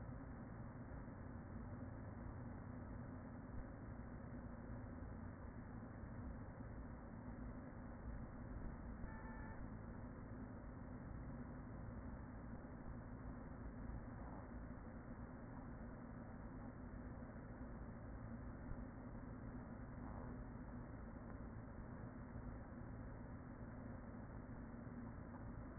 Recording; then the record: honeybee colony, microphone inside the hive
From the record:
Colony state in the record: queen present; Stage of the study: after two queens were removed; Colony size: about 40,000 bees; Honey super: no